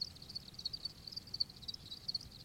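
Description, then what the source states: Crickets chirping: a thin, high, continuous pulsing trill with brighter chirps recurring every fraction of a second, over a low background rumble. Farmed crickets kept indoors in an apartment, bought as babies from a farm that sells them as reptile feed; they begin chirping after about five weeks, on reaching sexual maturity.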